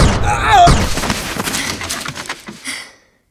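A sharp, loud gunshot bursts out early, followed by a rough, crackling tail and scattered clattering that fades to silence over the next couple of seconds.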